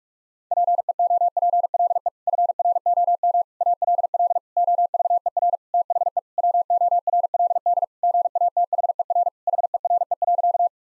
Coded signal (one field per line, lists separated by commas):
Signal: Morse code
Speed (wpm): 46 wpm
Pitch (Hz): 700 Hz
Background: none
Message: PEOPLE FROM ALL OVER THE WORLD GATHER HERE.